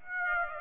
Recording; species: mosquito wingbeat signal from an infrared sensor; Aedes aegypti